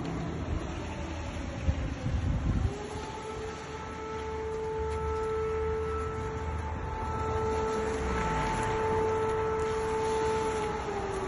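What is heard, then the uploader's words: An air raid siren sounds, its steady wail rising in at about two seconds and holding a long, even tone that sags slightly near the end. Beneath it runs a low rumble of city noise, with a cluster of heavier thuds early on. Before a night of bombing, air raid sirens can be heard in Kharkiv. Air Raid Sirens in Kharkiv.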